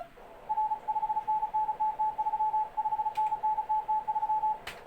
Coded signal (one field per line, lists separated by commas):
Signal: Morse code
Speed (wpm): 34 wpm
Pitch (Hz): 860 Hz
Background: none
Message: R 5NN TT3 5NN TT3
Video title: Morse Code Receiving practice with Morse Runner.